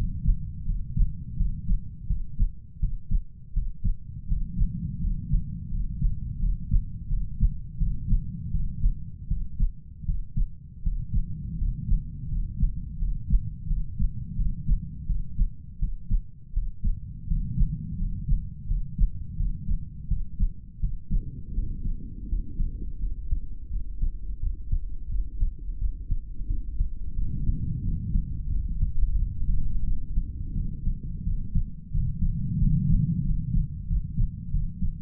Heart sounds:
heart sounds by stethoscope; 85 bpm
0.65 s: heartbeat
1.37 s: heartbeat
2.07 s: heartbeat
2.80 s: heartbeat
3.53 s: heartbeat
4.28 s: heartbeat
5.00 s: heartbeat
5.71 s: heartbeat
6.39 s: heartbeat
7.08 s: heartbeat
7.78 s: heartbeat
8.51 s: heartbeat
9.28 s: heartbeat
10.05 s: heartbeat
10.83 s: heartbeat
11.58 s: heartbeat
12.29 s: heartbeat
12.99 s: heartbeat
13.67 s: heartbeat
14.36 s: heartbeat
15.07 s: heartbeat
15.79 s: heartbeat
16.53 s: heartbeat
17.27 s: heartbeat
17.98 s: heartbeat
18.67 s: heartbeat
19.37 s: heartbeat
20.08 s: heartbeat
20.80 s: heartbeat
21.54 s: heartbeat
22.29 s: heartbeat
23.00 s: heartbeat
23.71 s: heartbeat
24.40 s: heartbeat
25.10 s: heartbeat
25.79 s: heartbeat
26.48 s: heartbeat
27.16 s: heartbeat
27.83 s: heartbeat
28.50 s: heartbeat
29.17 s: heartbeat
29.85 s: heartbeat
30.55 s: heartbeat
31.24 s: heartbeat
31.92 s: heartbeat
32.59 s: heartbeat
33.24 s: heartbeat
33.88 s: heartbeat
34.51 s: heartbeat
From the record:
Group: healthy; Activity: cold pressor test 0-20 s, rest 20-35 s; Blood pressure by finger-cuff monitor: 118/77 mmHg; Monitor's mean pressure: 91 mmHg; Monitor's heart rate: 86 bpm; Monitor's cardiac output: 7.3 L/min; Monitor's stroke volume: 87 mL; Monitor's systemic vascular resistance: 910 dyn s/cm5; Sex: male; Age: 33 years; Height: 179 cm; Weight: 80.4 kg

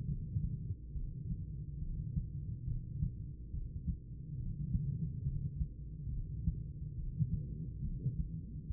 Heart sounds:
heart sounds by stethoscope; 70 bpm
0.05 s: heartbeat
0.91 s: heartbeat
1.77 s: heartbeat
2.63 s: heartbeat
3.49 s: heartbeat
4.35 s: heartbeat
5.21 s: heartbeat
6.07 s: heartbeat
6.93 s: heartbeat
7.79 s: heartbeat
8.66 s: heartbeat
From the record:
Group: heart failure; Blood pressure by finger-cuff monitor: 114/64 mmHg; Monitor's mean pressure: 84 mmHg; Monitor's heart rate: 70 bpm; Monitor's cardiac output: 7.9 L/min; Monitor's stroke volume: 113 mL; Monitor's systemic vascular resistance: 770 dyn s/cm5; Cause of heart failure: idiopathic cardiomyopathy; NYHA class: 2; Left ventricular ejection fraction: 51%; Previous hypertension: present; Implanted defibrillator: present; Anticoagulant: apixaban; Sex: female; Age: 61 years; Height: 163 cm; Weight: 111 kg

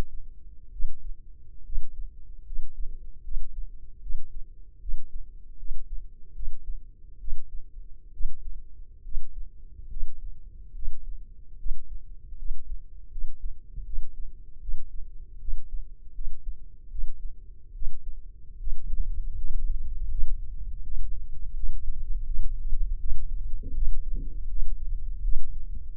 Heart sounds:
heart sounds by microphone in the left ear; 76 bpm
0.70 s: heartbeat
1.63 s: heartbeat
2.44 s: heartbeat
3.22 s: heartbeat
4.00 s: heartbeat
4.79 s: heartbeat
5.57 s: heartbeat
6.33 s: heartbeat
7.18 s: heartbeat
8.11 s: heartbeat
9.02 s: heartbeat
9.88 s: heartbeat
10.73 s: heartbeat
11.56 s: heartbeat
12.36 s: heartbeat
13.09 s: heartbeat
13.84 s: heartbeat
14.59 s: heartbeat
15.39 s: heartbeat
16.12 s: heartbeat
16.89 s: heartbeat
17.73 s: heartbeat
18.57 s: heartbeat
19.35 s: heartbeat
20.09 s: heartbeat
20.82 s: heartbeat
21.54 s: heartbeat
22.25 s: heartbeat
22.98 s: heartbeat
23.73 s: heartbeat
24.48 s: heartbeat
25.22 s: heartbeat
From the record:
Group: healthy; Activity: rest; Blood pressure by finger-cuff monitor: 168/93 mmHg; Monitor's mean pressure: 118 mmHg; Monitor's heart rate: 76 bpm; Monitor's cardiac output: 6.3 L/min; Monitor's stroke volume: 82 mL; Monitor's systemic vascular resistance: 1300 dyn s/cm5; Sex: male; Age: 21 years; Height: 180 cm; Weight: 67.5 kg

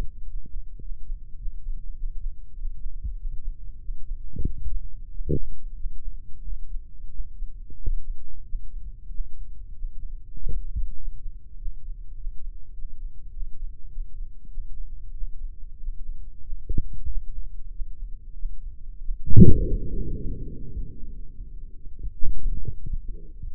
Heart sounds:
heart sounds by microphone in the right ear; 96 bpm
0.22 s: heartbeat
0.78 s: heartbeat
1.34 s: heartbeat
1.92 s: heartbeat
2.52 s: heartbeat
3.14 s: heartbeat
3.78 s: heartbeat
4.43 s: heartbeat
5.08 s: heartbeat
5.74 s: heartbeat
6.41 s: heartbeat
7.08 s: heartbeat
7.76 s: heartbeat
8.42 s: heartbeat
9.07 s: heartbeat
9.71 s: heartbeat
10.33 s: heartbeat
10.94 s: heartbeat
11.54 s: heartbeat
12.13 s: heartbeat
12.71 s: heartbeat
13.29 s: heartbeat
13.87 s: heartbeat
14.47 s: heartbeat
15.10 s: heartbeat
15.76 s: heartbeat
16.40 s: heartbeat
17.05 s: heartbeat
17.69 s: heartbeat
18.32 s: heartbeat
18.97 s: heartbeat
19.64 s: heartbeat
20.28 s: heartbeat
20.91 s: heartbeat
21.51 s: heartbeat
22.12 s: heartbeat
22.72 s: heartbeat
23.31 s: heartbeat
From the record:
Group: healthy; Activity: Valsalva maneuver 0-21 s, rest 21-24 s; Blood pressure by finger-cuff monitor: 128/74 mmHg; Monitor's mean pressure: 88 mmHg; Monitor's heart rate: 96 bpm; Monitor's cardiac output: 8.6 L/min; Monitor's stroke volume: 89 mL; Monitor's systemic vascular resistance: 740 dyn s/cm5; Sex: male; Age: 24 years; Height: 184 cm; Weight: 89 kg

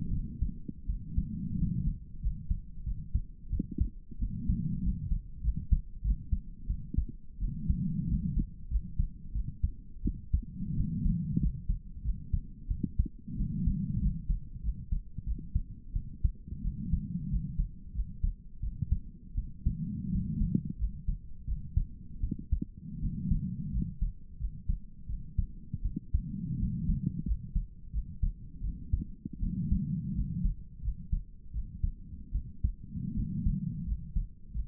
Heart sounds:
heart sounds by stethoscope; 87 bpm
0.12 s: heartbeat
0.88 s: heartbeat
1.58 s: heartbeat
2.22 s: heartbeat
2.85 s: heartbeat
3.51 s: heartbeat
4.20 s: heartbeat
4.83 s: heartbeat
5.43 s: heartbeat
6.03 s: heartbeat
6.68 s: heartbeat
7.40 s: heartbeat
8.08 s: heartbeat
8.70 s: heartbeat
9.34 s: heartbeat
10.04 s: heartbeat
10.76 s: heartbeat
11.40 s: heartbeat
12.04 s: heartbeat
12.69 s: heartbeat
13.37 s: heartbeat
14.01 s: heartbeat
14.63 s: heartbeat
15.25 s: heartbeat
15.94 s: heartbeat
16.63 s: heartbeat
17.30 s: heartbeat
17.94 s: heartbeat
18.62 s: heartbeat
19.36 s: heartbeat
20.11 s: heartbeat
20.78 s: heartbeat
21.46 s: heartbeat
22.22 s: heartbeat
23.01 s: heartbeat
23.72 s: heartbeat
24.39 s: heartbeat
25.08 s: heartbeat
25.83 s: heartbeat
26.59 s: heartbeat
27.25 s: heartbeat
27.92 s: heartbeat
28.62 s: heartbeat
29.41 s: heartbeat
30.14 s: heartbeat
30.82 s: heartbeat
31.53 s: heartbeat
32.33 s: heartbeat
33.15 s: heartbeat
33.86 s: heartbeat
34.53 s: heartbeat
From the record:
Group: healthy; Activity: rest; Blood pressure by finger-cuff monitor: 145/62 mmHg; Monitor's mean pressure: 87 mmHg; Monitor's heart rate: 88 bpm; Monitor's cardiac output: 9.6 L/min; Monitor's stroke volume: 110 mL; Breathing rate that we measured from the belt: 19 breaths a minute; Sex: female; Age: 22 years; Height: 160 cm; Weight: 63 kg

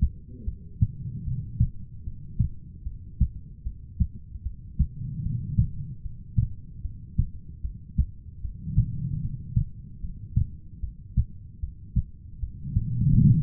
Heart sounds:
heart sounds by stethoscope; 75 bpm
0.44 s: heartbeat
1.24 s: heartbeat
2.04 s: heartbeat
2.83 s: heartbeat
3.63 s: heartbeat
4.42 s: heartbeat
5.22 s: heartbeat
6.02 s: heartbeat
6.82 s: heartbeat
7.61 s: heartbeat
8.41 s: heartbeat
9.21 s: heartbeat
10.00 s: heartbeat
10.80 s: heartbeat
11.60 s: heartbeat
12.39 s: heartbeat
13.19 s: heartbeat
From the record:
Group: heart failure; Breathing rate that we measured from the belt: 16 breaths a minute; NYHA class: 2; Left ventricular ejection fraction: 58%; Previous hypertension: present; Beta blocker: bisoprolol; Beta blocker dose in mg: 5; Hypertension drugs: ramipril, spironolactone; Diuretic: furosemide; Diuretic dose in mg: 160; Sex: female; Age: 55 years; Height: 155 cm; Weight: 67 kg

